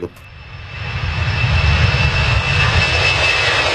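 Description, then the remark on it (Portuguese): A propeller airplane engine, the Estádio 97 airplane, roars steadily, a dense low rumble with a thin high whine riding on top, swelling in after a brief click and holding constant with no voices. “Avião do Estádio 97 na sua terceira edição, hein?”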